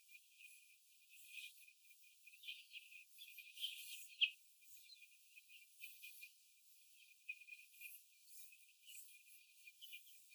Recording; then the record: young laying hens in a cage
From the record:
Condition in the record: after the stressor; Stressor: simulated dog barking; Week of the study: 4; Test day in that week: 1